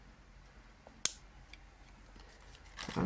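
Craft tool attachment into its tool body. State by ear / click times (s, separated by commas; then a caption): seated / 1.1 s. A craft tool attachment, possibly a tool head, is refitted into its tool body during a swap and gives one sharp, bright click at 1.1 s. Quiet handling and small taps follow, with a louder rustling at the end. The attachment clicks properly into place, and poor seating was the earlier problem.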